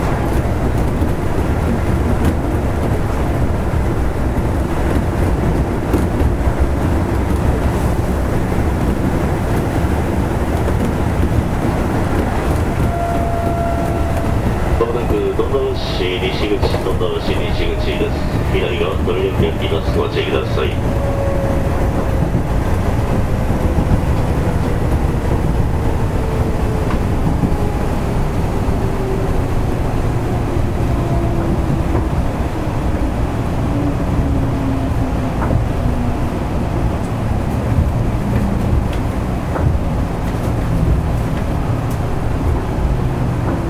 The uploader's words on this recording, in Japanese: 近畿日本鉄道、6020系電車の走行音。長野線、準急列車にて収録。区間は、 河内長野から道明寺までです。